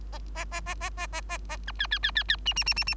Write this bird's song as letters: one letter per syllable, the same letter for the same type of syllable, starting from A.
A A A A A A A A A B C C C C C D D D D D